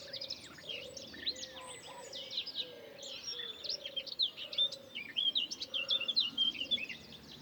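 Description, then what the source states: Birds singing, many high twittering and chirping phrases overlapping, with a low repeated cooing note through much of it. Recorded in the morning.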